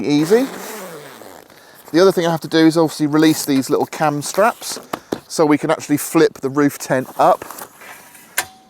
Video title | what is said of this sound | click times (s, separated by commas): How to fit and how good is the ARB Flinders Roof Tent | now it will lock into place | 8.4 s